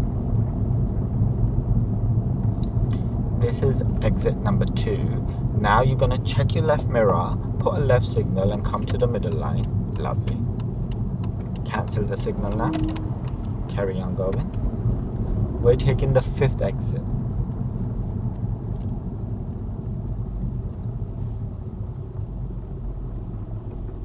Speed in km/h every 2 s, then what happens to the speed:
32, 34, 32, 29, 26, 23, 24, 27, 23, 16, 11, 3.
4-10 slows to 23. 14-24 slows to 3.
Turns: none.